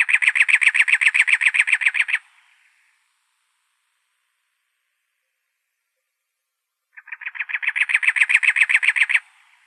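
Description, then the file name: Cactus wren giving two bursts of grating, rapid chugging notes separated by several seconds of silence. Arizona, 2 October 2003. "CACW 3 deviche"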